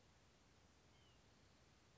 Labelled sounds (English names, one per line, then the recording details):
White-breasted Nuthatch
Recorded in Sonoma County, California